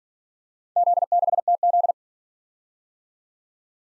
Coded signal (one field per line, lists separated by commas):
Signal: Morse code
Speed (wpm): 49 wpm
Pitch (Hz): 700 Hz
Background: none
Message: Z6TZ